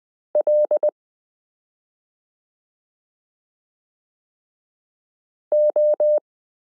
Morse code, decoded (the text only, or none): L O